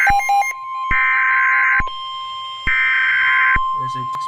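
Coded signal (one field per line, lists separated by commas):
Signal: Emergency Alert System (SAME) tones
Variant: header bursts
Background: speech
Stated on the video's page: Fake, hypothetical EAS scenario of a tornado outbreak with a tornado hitting a beach.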